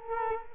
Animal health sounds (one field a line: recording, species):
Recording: mosquito wingbeat signal from an infrared sensor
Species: Culex quinquefasciatus